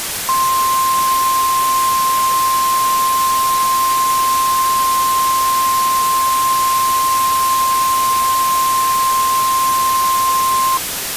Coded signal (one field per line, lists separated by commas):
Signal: Emergency Alert System (SAME) tones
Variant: 1050 Hz attention tone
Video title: EAS Scenario – COVID-21